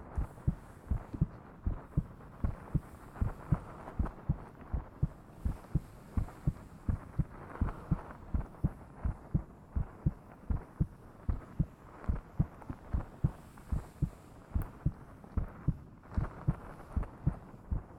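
Steady, even lub-dub heart thumps at roughly 85 beats a minute, heard with the head pressed against a woman's chest, meant to relax the listener.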